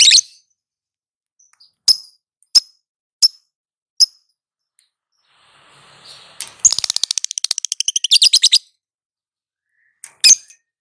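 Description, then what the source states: Lovebird calls: a few sharp high chirps, then a rapid chattering burst of clicky notes, and a final loud chirp. Female lovebird.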